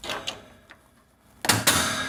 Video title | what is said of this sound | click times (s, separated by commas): Soft Close Larder | give it a firm push backwards until it clicks | 1.5 s